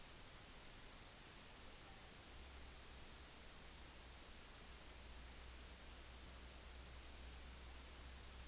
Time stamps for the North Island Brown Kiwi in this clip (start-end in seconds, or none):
none